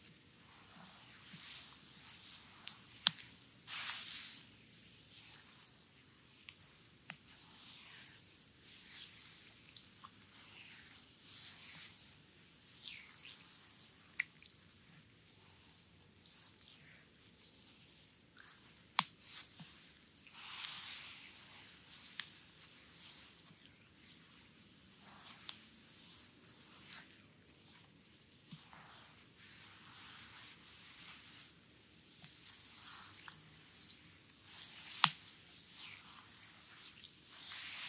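A visceral belly massage with wet, squishy rubbing sounds that come in frequent bursts of bright hiss, some lasting a second or two, others brief. Sharp little clicks and smacks poke out now and then, near 3, 19 and 35 seconds, over a soft low rumble.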